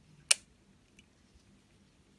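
The battery door of a GoPro 9 action camera, installed in a Ulanzi G9-4 plastic case, is pushed shut and snaps closed with one loud, sharp click at 0.3 s, so the door is seated and secured. A much fainter tick follows at about 1.0 s, then only low background hum.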